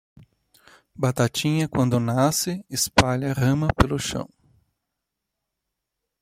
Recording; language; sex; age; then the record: short text; Brazilian Portuguese; male; 40 to 49 years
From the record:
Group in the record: control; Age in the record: 40 years